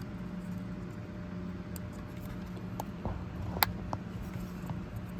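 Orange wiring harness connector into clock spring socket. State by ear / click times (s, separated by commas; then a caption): seated / 3.6 s. An orange plastic wiring harness connector is fiddled with and pushed into its matching orange socket on the clock spring of a 2013 Toyota Corolla during a clock spring replacement. Faint plastic taps at about 1.8 s and 2.8 s lead up to a sharp, loud click at 3.6 s as the connector seats, followed by a softer tap near 3.9 s over a steady low hum. The connector is confirmed seated.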